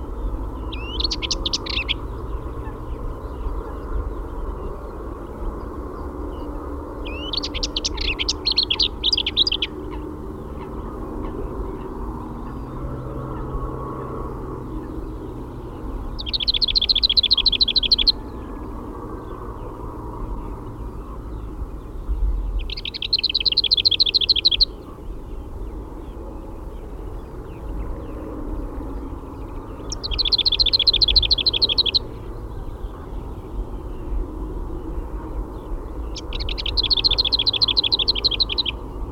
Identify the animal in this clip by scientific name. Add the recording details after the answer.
Sylvia curruca. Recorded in the wild. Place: Schönfeld, Brandenburg, DE. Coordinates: 53.396, 14.001. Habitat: Lake. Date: 1988-04-30. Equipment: Nagra III BH, Sennheiser MD 21, parabola. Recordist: Schubert, Michael